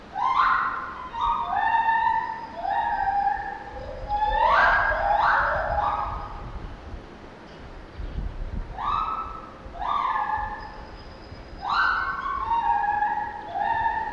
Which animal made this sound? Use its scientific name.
Hylobates lar